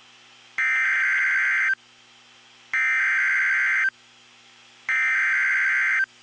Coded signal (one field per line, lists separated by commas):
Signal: Emergency Alert System (SAME) tones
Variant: header bursts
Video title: (LAST CAPTURE UNFORTUNATELY FROM LIVESTREAM) 3RD SVR!!! EAS #22